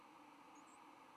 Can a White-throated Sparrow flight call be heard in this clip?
no